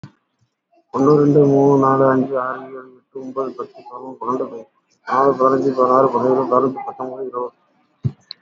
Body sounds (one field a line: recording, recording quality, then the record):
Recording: counting at a fast pace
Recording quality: excellent, no background noise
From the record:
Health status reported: healthy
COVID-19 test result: negative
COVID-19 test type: RT-PCR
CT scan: not taken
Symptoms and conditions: cough, cold, fever, fatigue, loss of smell and taste, hypertension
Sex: male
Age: 42 years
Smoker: no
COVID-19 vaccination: one dose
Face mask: worn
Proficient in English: yes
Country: India